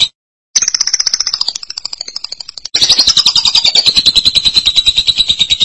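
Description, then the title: Lovebird song: a high trill that slightly falls and softens, briefly breaks, then returns as a louder, harsh chattering run. "BM Suara Burung Lovebird"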